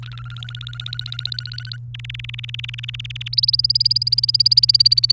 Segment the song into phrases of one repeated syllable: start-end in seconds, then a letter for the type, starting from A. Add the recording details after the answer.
0.03-1.77 A, 1.94-3.28 B, 3.33-5.12 C. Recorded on 29 April 2018 at 09:03. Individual llb3